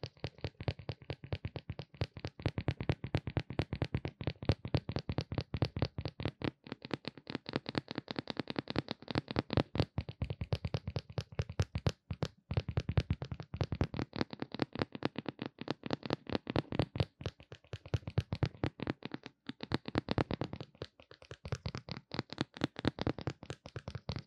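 Rapid tapping and scratching on a mini microphone, dense sharp clicks in quick bursts with brief pauses near twelve and twenty seconds.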